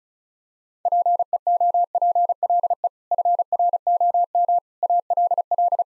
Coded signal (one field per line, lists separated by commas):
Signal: Morse code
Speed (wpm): 36 wpm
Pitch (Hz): 700 Hz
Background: none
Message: PEOPLE FROM ALL